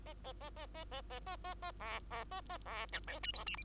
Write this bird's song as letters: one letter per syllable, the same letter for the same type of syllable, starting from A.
A A A A A A A A A A B B A A B C D E F G H